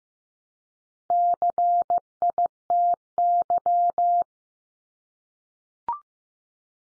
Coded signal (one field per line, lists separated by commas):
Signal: Morse code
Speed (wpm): 15 wpm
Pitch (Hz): 700 Hz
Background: none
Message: CITY